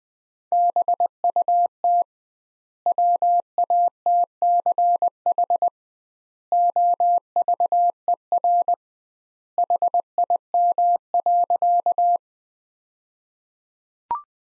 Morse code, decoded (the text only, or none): BUT WATCH OVER HIM.